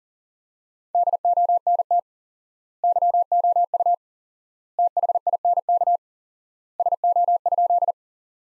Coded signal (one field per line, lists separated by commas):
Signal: Morse code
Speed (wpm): 40 wpm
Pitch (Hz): 700 Hz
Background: none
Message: DONT YOU THINK SO?